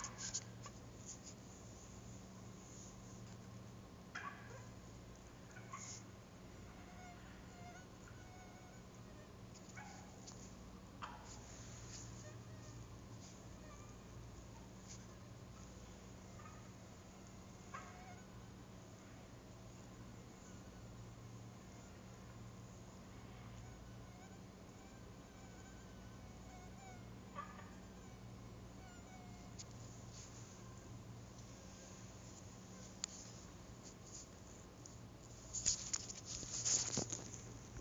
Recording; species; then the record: mosquito flight sound by mobile phone; Anopheles stephensi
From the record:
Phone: Google Nexus